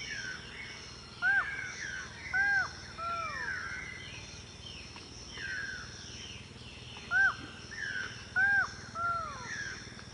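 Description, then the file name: Buckley's forest falcon calls: arched, nasal notes repeated at irregular intervals, over a steady chorus of insects and birds. "canto do falcao de buckley"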